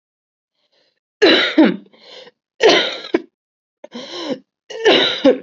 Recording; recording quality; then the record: heavy voluntary cough; excellent, no background noise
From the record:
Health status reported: COVID-19 positive, mild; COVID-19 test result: positive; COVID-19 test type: RT-PCR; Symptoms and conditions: cold, fever, fatigue, muscle pain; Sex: female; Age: 30 years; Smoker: no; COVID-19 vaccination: both doses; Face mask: not worn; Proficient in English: yes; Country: India